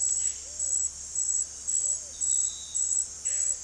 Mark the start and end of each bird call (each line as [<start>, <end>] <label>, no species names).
[0.00, 3.63] bird call